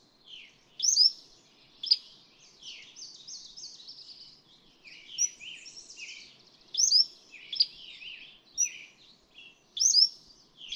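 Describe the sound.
Cordilleran flycatcher singing thin, sharp high notes in irregular bursts, with a busy background of warbled phrases from another bird.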